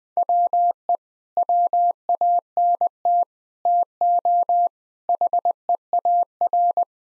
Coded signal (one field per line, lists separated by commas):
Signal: Morse code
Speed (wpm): 20 wpm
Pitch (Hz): 700 Hz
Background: none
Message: WE WANT TO HEAR